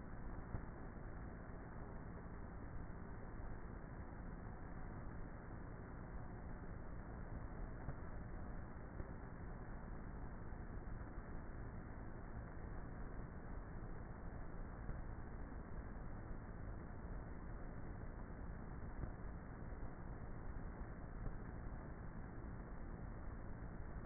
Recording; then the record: honeybee colony, microphone inside the hive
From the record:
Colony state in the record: queenless with a low population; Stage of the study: before two queens were removed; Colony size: about 30,000 bees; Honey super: no